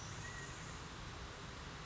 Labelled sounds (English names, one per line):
California Quail